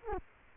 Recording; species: mosquito wingbeat signal from an infrared sensor; Culex quinquefasciatus